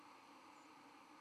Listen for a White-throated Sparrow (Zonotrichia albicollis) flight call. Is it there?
yes